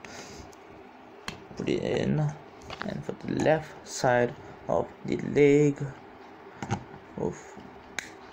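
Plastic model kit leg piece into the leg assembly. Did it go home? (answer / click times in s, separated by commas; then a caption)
yes / 8.0 s. The left leg piece of an HGUC 1/144 Efreet Schneid plastic model kit is pushed into the assembled leg while someone talks. One sharp snap is heard at 8.0 s, and the piece seats into place.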